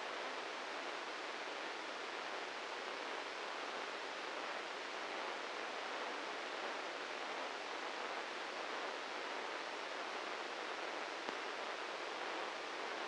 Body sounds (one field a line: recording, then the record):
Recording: brain microelectrode recording played as sound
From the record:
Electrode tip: inside the subthalamic nucleus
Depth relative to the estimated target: -1 mm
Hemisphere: right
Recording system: NeuroSet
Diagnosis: Parkinson's disease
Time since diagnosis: 13 years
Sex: male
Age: 63 years